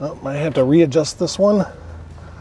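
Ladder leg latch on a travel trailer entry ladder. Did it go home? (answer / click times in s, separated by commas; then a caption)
no / none. A man talks while handling the metal leg of the entry ladder on a 2022 Forest River Wolf Pup 16PF Black Label Edition travel trailer, getting ready to readjust its latch. His voice is clear for about 1.7 seconds, followed by quiet low background noise. The leg latch has not locked and nothing has clicked yet.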